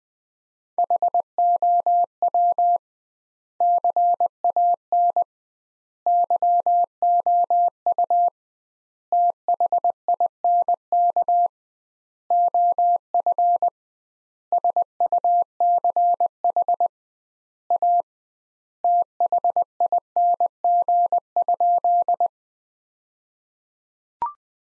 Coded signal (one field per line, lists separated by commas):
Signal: Morse code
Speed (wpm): 20 wpm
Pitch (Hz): 700 Hz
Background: none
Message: HOW CAN YOU THINK OF SUCH A THING?